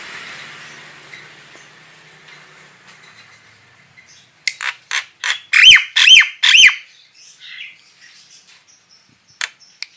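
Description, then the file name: Starling call burst: after a quiet hissy start, several sharp, squeaky, down-slurred notes come quickly, followed by a few soft clicks. Female starling. "suara burung jalak betina"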